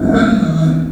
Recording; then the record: squeal of a Yucatan mini pig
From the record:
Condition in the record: after surgery on the right vocal fold (resection and tissue-engineered implant); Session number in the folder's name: 5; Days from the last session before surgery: 33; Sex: female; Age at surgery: 19 weeks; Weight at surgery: 25 kg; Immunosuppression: prednisolone